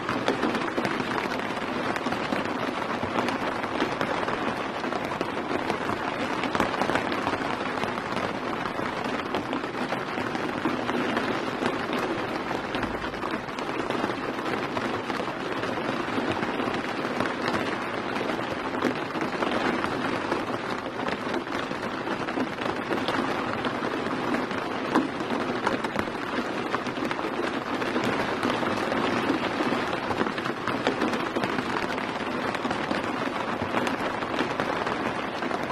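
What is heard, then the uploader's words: Rain falls steadily throughout, a dense, even patter with a constant hiss and a low, muffled rumble underneath, as if heard from inside a car. The level barely changes over the whole stretch, with no distinct events standing out. Rainy day - there are no turn signals in the car.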